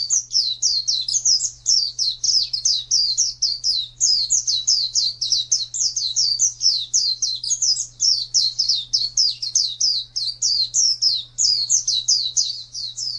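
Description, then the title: White-eye song: a continuous stream of thin, rapid chirps and twitters, high and sweet, with brief pauses, over a low steady hum. "Pleci. suara"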